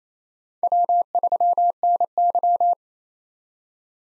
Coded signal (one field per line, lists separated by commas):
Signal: Morse code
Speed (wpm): 28 wpm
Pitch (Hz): 700 Hz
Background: none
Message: W3NY